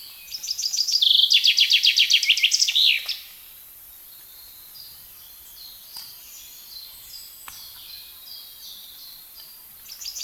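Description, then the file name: Common chaffinch song, one loud rattle of sharp notes finishing with a flourish, then quieter bird calls and a fresh phrase starting at the end. "Fringilla coelebs"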